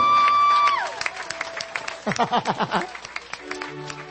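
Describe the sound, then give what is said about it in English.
An audience at a healing service bursts into loud, uneven applause to Jesus, many hands clapping at once in a dense patter, with voices rising among the claps and a sustained keyboard tone fading out at the start. “Where is somebody clap to Jesus?”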